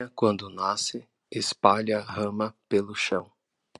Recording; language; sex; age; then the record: short text; Brazilian Portuguese; male; 40 to 49 years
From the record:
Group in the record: control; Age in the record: 48 years